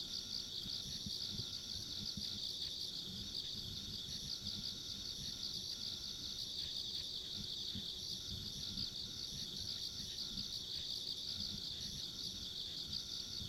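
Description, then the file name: Insect chorus of steady shrill ringing, with trilling pulses recurring throughout, and a soft low rumble below. Ambient insect sounds along a rural country road. "田舎道の虫の環境音"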